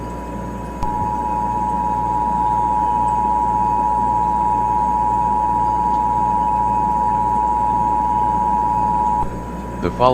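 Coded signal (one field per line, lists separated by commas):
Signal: Emergency Alert System (SAME) tones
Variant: 853 and 960 Hz attention tone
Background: speech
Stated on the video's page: Fictional EAS scenario, not a real alert.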